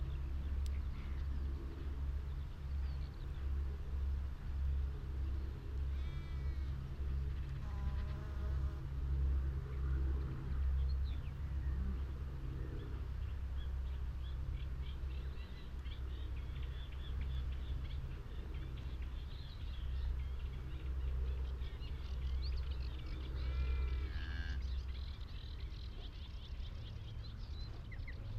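Sound scene on Higham Marshes in Kent on a warm May afternoon, carried by a steady low rumble that sits under everything. Bird calls rise over it now and then, clearest around six to nine seconds and again near twenty-four seconds.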